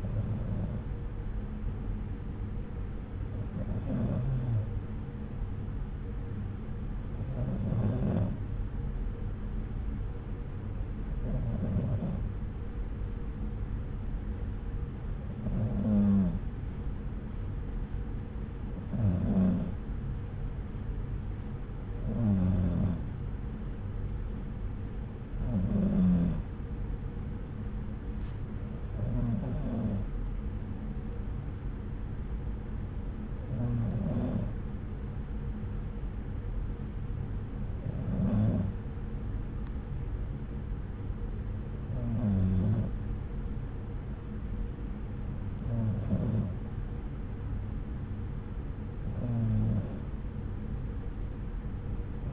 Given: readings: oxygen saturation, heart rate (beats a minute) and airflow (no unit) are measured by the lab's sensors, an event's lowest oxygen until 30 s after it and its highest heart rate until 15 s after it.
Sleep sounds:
breathing in sleep by a smartphone at the bedside; none
none scored
From the record:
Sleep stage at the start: N2 (light sleep); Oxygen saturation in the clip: 93 to 94%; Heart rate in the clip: 64 to 68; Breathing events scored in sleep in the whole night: 303 in 8.1 hours asleep

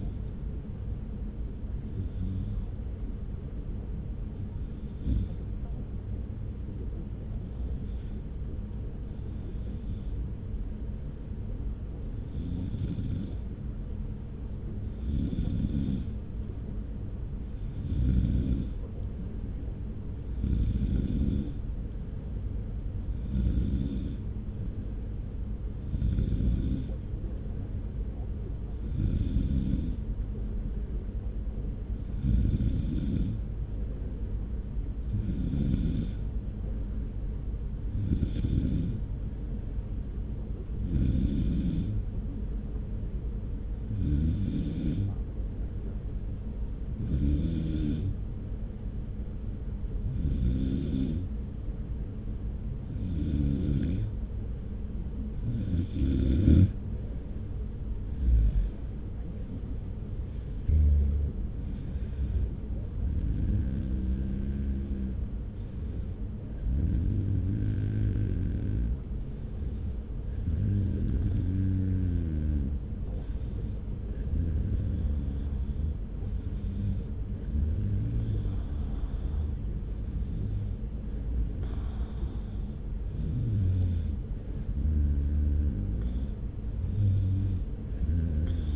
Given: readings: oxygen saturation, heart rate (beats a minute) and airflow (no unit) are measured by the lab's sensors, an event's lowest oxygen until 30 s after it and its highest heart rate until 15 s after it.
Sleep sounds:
breathing in sleep by a smartphone at the bedside; 1
5.00-20.80 s: hypopnea (N2, oxygen 94% highest, then 91% lowest)
From the record:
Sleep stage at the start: N2 (light sleep); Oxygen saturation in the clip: 91 to 95%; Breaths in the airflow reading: 28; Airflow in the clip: -1.4 to 2.4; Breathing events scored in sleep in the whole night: 335 in 6.7 hours asleep

